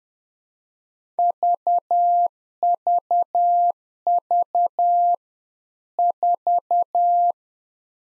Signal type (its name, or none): Morse code